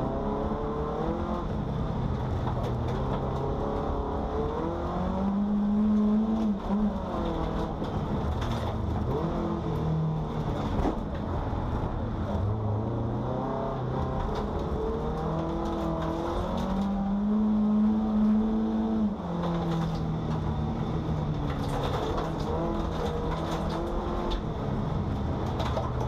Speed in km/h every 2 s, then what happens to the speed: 50, 50, 72, 74, 64, 43, 49, 58, 69, 66, 58, 63, 53.
2-5 speeds up to 74. 6-10 brakes to 43. 10-16 speeds up to 69. 16-26 slows to 53.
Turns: 8-15.